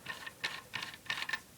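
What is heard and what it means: A steel blank firing adapter is unscrewed from a rifle muzzle with a left-hand thread, turned clockwise so the spring detent on the barrel ratchets past it. Sharp, clock-like ticks sound at 0.3, 0.5, 0.8, 1.1, 1.2 and 1.3 seconds. The adapter comes off, released.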